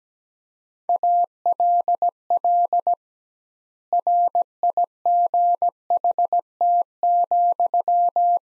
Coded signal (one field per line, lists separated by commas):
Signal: Morse code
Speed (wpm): 17 wpm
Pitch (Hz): 700 Hz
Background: none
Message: ALL RIGHT,